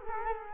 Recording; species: mosquito wingbeat signal from an infrared sensor; Culex quinquefasciatus